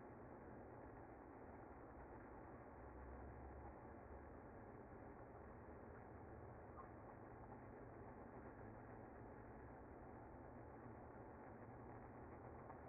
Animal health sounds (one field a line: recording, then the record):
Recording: honeybee colony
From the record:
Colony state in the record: active